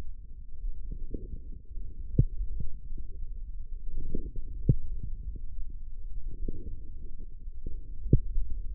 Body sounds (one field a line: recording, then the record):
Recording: forearm muscle sounds (acoustic myography)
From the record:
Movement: forearm pronation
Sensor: system 1, eight BSWA MPA416 microphones around the upper forearm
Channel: 6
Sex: male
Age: 20 years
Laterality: left